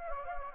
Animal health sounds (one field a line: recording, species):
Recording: mosquito wingbeat signal from an infrared sensor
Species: Anopheles gambiae